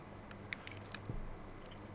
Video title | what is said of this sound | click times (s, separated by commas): AN1912 start-up guide - Adding a new device | so push it and go click | 0.5 s